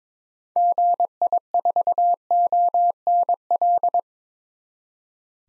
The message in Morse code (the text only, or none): GI4ONL